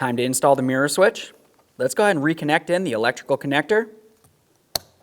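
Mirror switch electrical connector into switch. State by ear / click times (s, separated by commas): seated / 4.8 s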